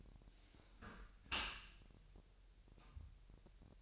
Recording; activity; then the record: daily activity, microphone in the room; close dishwasher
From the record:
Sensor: 2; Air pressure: 1000.4 hPa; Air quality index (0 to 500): 245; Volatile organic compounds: 88 ppm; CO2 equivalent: 3670 ppm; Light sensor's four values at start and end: 9/21/8/8 and 9/21/8/8